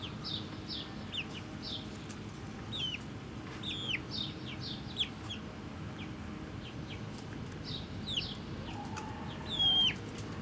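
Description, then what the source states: Chicken chicks peeping, bursts of high descending cheeps in clusters, with a brief lower note near the end and a faint rumble. Hens and chicks in the chicken house of the Atelier 34zero museum garden, Jette, Brussels, Belgium; recorded with DPA 4060 microphones in AB position into a Zoom F3.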